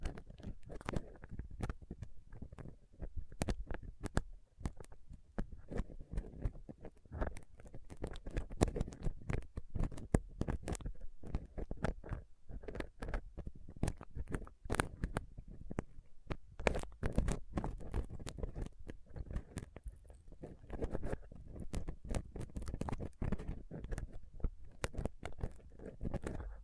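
A dental pick, tweezers and cotton swab scrape and tap across a rough mic in dense, irregular scratchy bursts with sharp clicks throughout.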